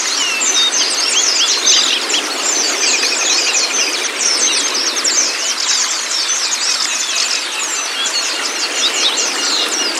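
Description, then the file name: White-eye song chorus: dense, overlapping high twittering chirps with quick downward sweeps, continuous throughout, with a steady background hiss. Song therapy meant to get the bird to open its beak and sing. "pleci terapi buka paruh"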